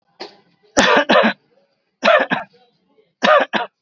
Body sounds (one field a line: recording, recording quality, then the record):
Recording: heavy voluntary cough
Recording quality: excellent, no background noise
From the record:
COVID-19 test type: RT-PCR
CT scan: not taken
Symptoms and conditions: none ticked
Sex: male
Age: 22 years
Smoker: no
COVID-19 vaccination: both doses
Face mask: worn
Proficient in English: yes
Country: India